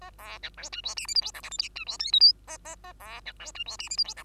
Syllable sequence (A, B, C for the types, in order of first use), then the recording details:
A B C D E F G H I J K L M N E F O P Q A A A B C D E F G H I J K. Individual Bird2